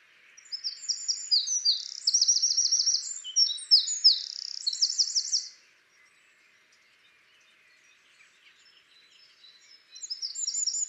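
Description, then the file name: Eurasian wren gives a vigorous, high, rattling song of fast repeated notes and trills lasting about five seconds, then a pause before another burst begins. "Troglodytes troglodytes"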